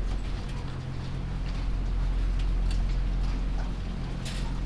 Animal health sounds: poultry house recording; sick chickens (respiratory disease)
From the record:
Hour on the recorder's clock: 1

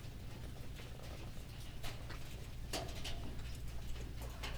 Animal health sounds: poultry house recording; sick chickens (respiratory disease)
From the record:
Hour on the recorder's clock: 15

